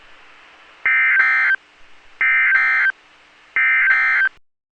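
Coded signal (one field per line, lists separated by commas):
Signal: Emergency Alert System (SAME) tones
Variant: end-of-message bursts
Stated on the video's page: Required Weekly Test from NOAA Weather Radio transmitter for the Twin Cities, with another weather radio stream mixed in and a third partly audible.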